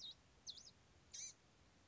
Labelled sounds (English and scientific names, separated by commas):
Blue-gray Gnatcatcher (Polioptila caerulea)